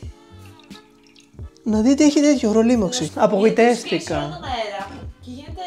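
A plastic saver cap on a soda bottle is being handled and pressed closed while someone talks over music, with a few faint taps early on. The cap has not snapped shut yet, and nothing has seated or clicked by the end of the clip.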